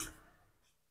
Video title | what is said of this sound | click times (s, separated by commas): cara memasang ring piston xeon 125 fim | ah Sampai bunyi klik Nah karena di sini ada kedudukan buat | 0.0 s